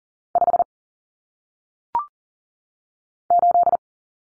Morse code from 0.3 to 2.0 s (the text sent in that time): 5